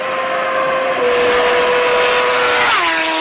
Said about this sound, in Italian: Motori rombanti, si apre oggi a Detroit il Salone Internazionale dell'Auto.